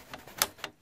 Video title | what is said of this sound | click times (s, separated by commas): How to install more ram on a old computer | gonna hear it click do the same thing for this side click | 0.4 s